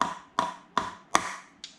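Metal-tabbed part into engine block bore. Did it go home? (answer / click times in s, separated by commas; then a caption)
yes / 1.2 s. A metal-tabbed part is tapped down into a bore in a 2009 Hemi engine block (1500 TRX4 build) after hand pressure alone would not seat it. Five sharp taps ring out, each with a bright metallic tone around 1 kHz that fades quickly. The fourth, at 1.2 s, is the sharpest, and the part pops into place with its tab fully down against the block.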